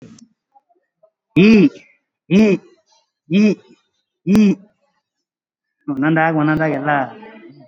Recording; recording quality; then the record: sustained vowel as in beet; excellent, no background noise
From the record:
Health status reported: COVID-19 positive, mild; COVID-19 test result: positive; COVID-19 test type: RT-PCR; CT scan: not taken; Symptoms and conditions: cough, cold, breathing difficulty, fever, fatigue, loss of smell and taste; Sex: male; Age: 35 years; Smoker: no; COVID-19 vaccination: none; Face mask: worn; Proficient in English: yes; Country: India